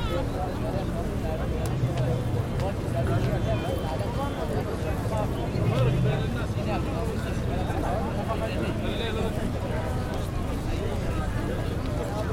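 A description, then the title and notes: Ambient sound of Taksim Square in Istanbul: a steady, dense murmur of many voices talking at once, with traffic rumbling underneath. The level stays even throughout, with a low hum that swells briefly around two and six seconds and scattered brief clicks and footsteps. Ambient sound of Taksim Square, Istanbul. Recorded with Zoom H6, using Mid-Side Mic.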